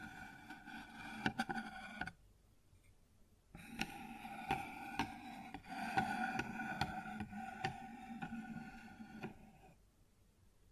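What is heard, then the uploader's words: Tapping and rubbing sounds on a wooden surface, with sharp taps landing every half second or so over a steady scratchy rustle. The sound stops abruptly near two seconds, stays silent for about a second and a half, then resumes and fades out before the end. ASMR Sounds on Wooden Surface (No Talking).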